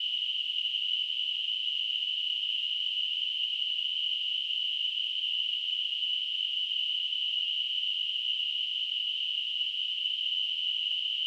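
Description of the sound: A steady, high-pitched hiss of narrow-band noise centred around 3 kHz holds unchanged at an even level for about 11 seconds, with no other sound. It is a simulated tinnitus sound, imitating a constant ringing or hissing in the ears.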